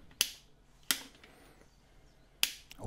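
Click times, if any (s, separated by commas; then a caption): 0.2 s, 2.4 s. A click-type torque wrench set to 44 Nm tightens the oil sump drain plug of a 2007 Renault Laguna II 2.0 dCi M9R diesel engine through an 8 mm square drive. Two sharp, loud clicks are heard at 0.2 s and 2.4 s, with another sharp tick at 0.9 s in between. The wrench clicks twice at its setting to confirm the plug is torqued.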